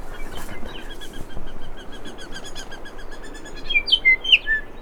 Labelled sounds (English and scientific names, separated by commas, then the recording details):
New Zealand Bellbird (Anthornis melanura) song
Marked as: Stutter(decurved), UNKNOWN, Nailpolish, Down(notched), Pipe(C[7]bent), Down(CUV2), Pipe(A[6])
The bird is a female
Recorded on Cuvier Island, New Zealand, on 6 November 2016
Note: LongStutterTypCuvSong